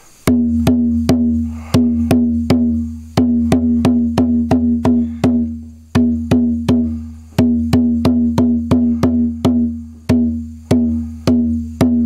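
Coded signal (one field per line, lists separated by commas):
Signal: drum signal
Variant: garamut rhythms on kundu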